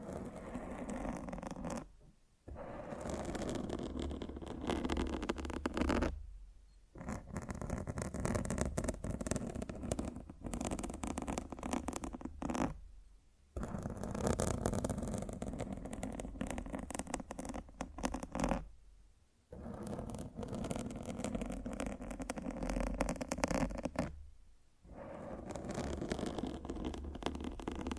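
A microphone is scratched and rubbed in repeated bursts, each lasting about four to six seconds, separated by short near-silent gaps around 2, 7, 13, 19 and 24 seconds. The rubbing is dense and rough, with a low rumble underneath and brittle crackle on top.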